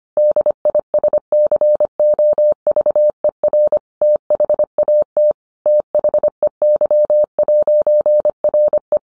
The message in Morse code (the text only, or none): DISCOVER THAT THEY'RE